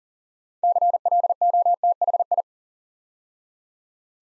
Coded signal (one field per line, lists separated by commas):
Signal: Morse code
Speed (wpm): 39 wpm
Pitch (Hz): 700 Hz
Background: none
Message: CLOTHI